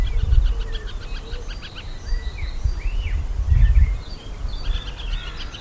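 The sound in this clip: Birds give varied short chirps, trills and rising whistled notes, several overlapping, over a strong low rumble of wind or background noise.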